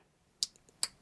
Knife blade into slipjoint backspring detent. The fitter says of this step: And you can hear very snappy spring.